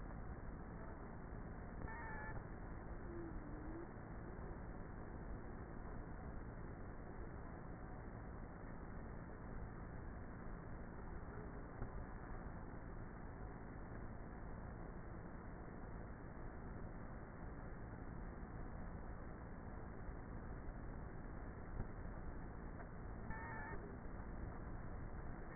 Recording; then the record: honeybee colony, microphone inside the hive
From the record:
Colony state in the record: queenless with a low population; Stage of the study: before two queens were removed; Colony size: about 30,000 bees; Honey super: no